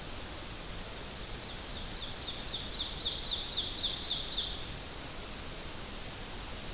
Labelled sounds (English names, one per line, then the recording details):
Ovenbird song
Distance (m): 50 m
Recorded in boreal forest in Alberta, Canada, on 12 June 2016 at 06:06
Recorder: SongMeter 3, array SBT-3-18
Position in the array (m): 229 m, 89 m
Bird 31